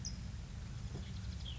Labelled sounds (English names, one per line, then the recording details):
California Towhee
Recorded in Sonoma County, California